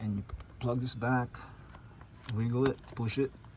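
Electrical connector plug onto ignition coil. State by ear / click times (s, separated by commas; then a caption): not seated / none. An electrical connector plug is pushed back onto an ignition coil after a spark plug change, wiggled and pressed while someone talks. Brief handling and tapping noises sound between the words. The connector has not clicked or seated yet.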